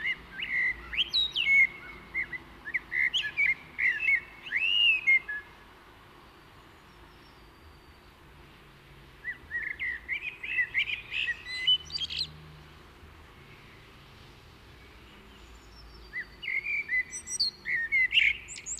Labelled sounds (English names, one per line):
Common Blackbird song